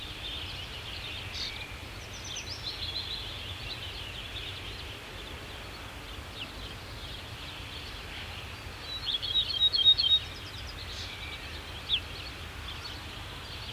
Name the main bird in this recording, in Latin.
Emberiza hortulana